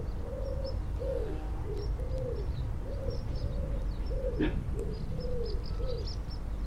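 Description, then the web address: Bird giving low, mellow coos in a steady series of short notes over a constant low rumble, with faint high chirps from other birds. "cianscape. Deverinetal. Bird Only"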